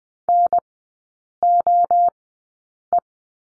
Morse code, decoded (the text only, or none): NOE